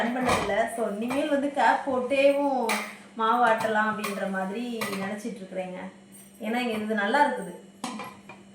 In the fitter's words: நல்லா லாக் ஆயிடுது.